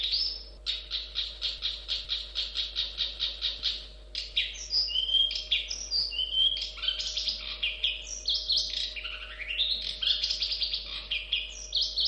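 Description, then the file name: Long-tailed shrike singing a quick series of repeated harsh notes, then a busy tumbling mix of whistled slurs and chatter, with a low constant hum behind. "suara burung cendet"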